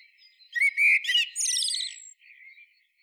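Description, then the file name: Blackbird singing a short burst: a brief rich warble followed by a high, thin, squeaky twittering flourish, then soft faint notes. "Turdus merula"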